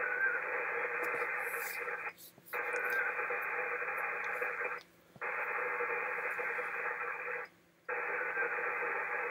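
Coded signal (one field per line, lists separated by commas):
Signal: HF data modem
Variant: ARDOP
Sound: long bursts of wideband hissing data with brief pauses between, like transmit-receive turns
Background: radio static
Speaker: well let's give it a shot we'll see if we can establish a connection I did it five minutes ago and it worked for this station you're w9f e so we'll try this and we'll see how it goes here we go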